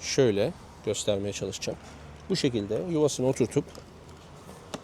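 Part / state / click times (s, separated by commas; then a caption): tank bag base into motorcycle fuel tank ring mount / seated / 4.7 s. A tank bag's base is seated into the tank ring mount on a BMW R1300GS motorcycle's fuel tank and pressed down until it locks. Someone talks for most of the clip, then a short, sharp click at 4.7 s marks the bag snapping into place on the ring.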